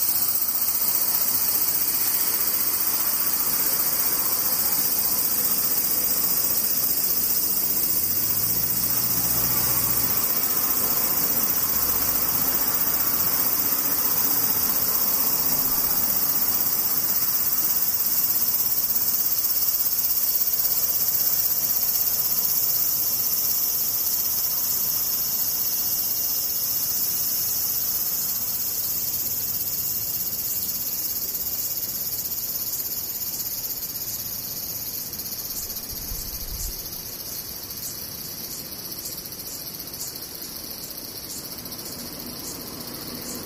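Cicadas drone in a dense, unbroken high buzz, strongest in a bright band near the top of the range, with a thinner layer of shrill whine above it. The chorus holds steady, easing slightly in loudness after about thirty seconds, over a faint low rumble.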